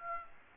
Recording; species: mosquito wingbeat signal from an infrared sensor; Aedes aegypti